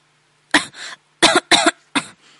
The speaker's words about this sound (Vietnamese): Sở Văn Ninh tự hồ bị bỏng, y sặc trà, liên tục ho khan, gương mặt đỏ bừng lên, y vội cúi đầu lau vệt nước